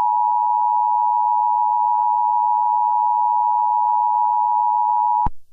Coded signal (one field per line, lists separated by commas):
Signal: Emergency Alert System (SAME) tones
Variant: 853 and 960 Hz attention tone